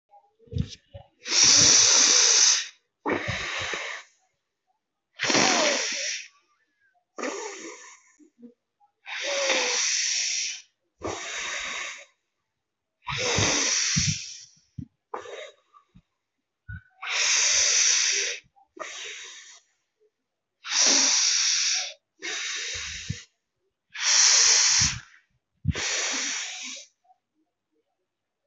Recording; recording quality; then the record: deep breathing; excellent, no background noise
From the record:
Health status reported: healthy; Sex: male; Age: 24 years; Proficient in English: yes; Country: India